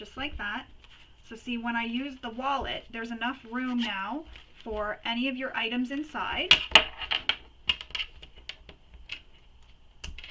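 Someone talks while handling a finished fabric wallet with a magnetic snap closure, and a few sharp handling taps come around 7.2 to 8.0 seconds. The wallet closure has not clipped together or seated yet.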